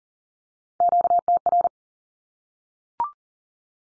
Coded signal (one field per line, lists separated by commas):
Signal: Morse code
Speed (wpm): 40 wpm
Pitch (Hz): 700 Hz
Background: none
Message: QTR